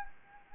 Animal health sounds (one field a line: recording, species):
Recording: mosquito wingbeat signal from an infrared sensor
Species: Anopheles arabiensis